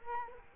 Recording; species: mosquito wingbeat signal from an infrared sensor; Culex quinquefasciatus